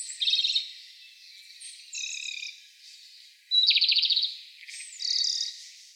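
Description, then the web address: Japanese robin singing high, rattling trilled phrases, about four phrases in six seconds with brief pauses between. Recorded 13 April 2016. "birdenaga komadori"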